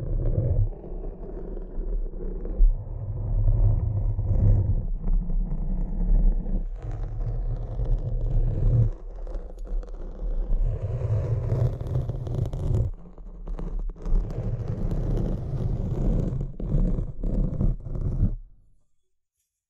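Tapping and scratching over a thick, low rumbling bed that runs almost continuously, with short breaks near 5, 9 and 13 seconds. Brief sharp clicks and scrapes cut through now and then, and the sound stops abruptly around 18 seconds, leaving silence.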